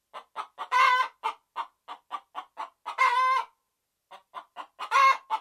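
Red junglefowl giving quick clipped clucks in steady series, interrupted by three long, grating squawks, with a brief silence in the middle.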